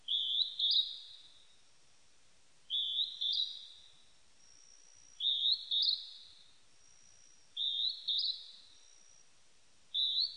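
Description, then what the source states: Northern hawk-cuckoo repeating a piercing, high two-note whistle with an upward lift, about every two and a half seconds, with soft hiss behind. Recorded on 23 May 1998.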